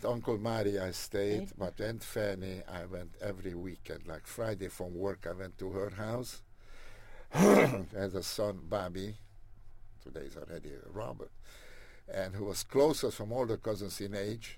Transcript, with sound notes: With Uncle Marty I stayed, but Aunt Fanny I went every weekend. Like Friday from work I went to her house (clears throat) has a son, Bobby — today's already Robert, and who was closer from all the cousins in age.